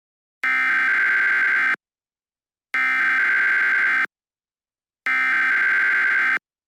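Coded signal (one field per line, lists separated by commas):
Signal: Emergency Alert System (SAME) tones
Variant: header bursts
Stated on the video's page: Simulated EAS tones from a created fictional alert scenario.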